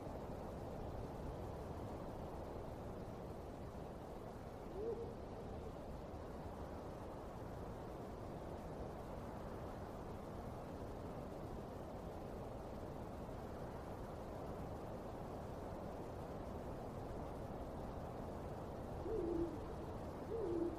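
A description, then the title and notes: A cemetery late at night, filled with a steady, dense low rumble like wind or traffic that barely changes. Faint, short rising calls or creaks surface around five seconds and again near the end, slightly louder than the murky background. Haunted Cemetery Late at Night.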